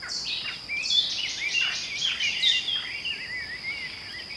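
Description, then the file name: Eurasian blackcap song, a dense run of fast, varied warbled notes that fades into softer trilled phrases, with a steady high insect hum underneath. "Sylvia atricapilla"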